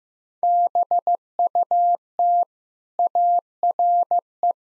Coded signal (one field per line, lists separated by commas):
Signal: Morse code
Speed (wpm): 16 wpm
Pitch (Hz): 700 Hz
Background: none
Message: BUT ARE